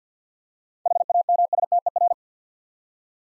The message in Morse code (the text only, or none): HAMSTER